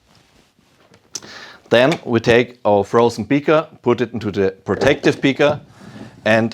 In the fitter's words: and then you can hear a magnetic click